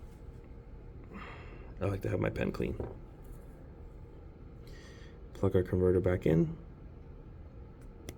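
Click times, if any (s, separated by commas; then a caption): 8.1 s. A plastic ink converter is pushed back onto the feed section of a fountain pen. Someone talks, and then a short, sharp click at 8.1 s marks the converter seating into the grip section.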